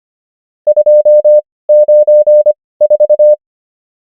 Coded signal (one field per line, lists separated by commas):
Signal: Morse code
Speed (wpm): 25 wpm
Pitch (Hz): 600 Hz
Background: none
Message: 294